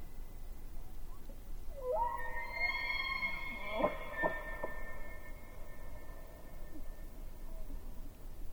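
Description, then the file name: Elk bugle: a tone slides upward into a high, sustained whistle with strong overtones, then a few deep grunting chuckles break in; low rumbling background noise. During the rut at Yellowstone Lake, 13 September 2016. "Elk Rut 20160913"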